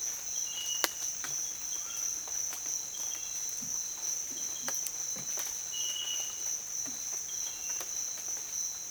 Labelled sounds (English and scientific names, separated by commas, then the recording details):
none
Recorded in dense forest near Puerto Asís, Putumayo, Colombia, on 25 June 2025 at 06:30
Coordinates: 0.484, -76.325
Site H65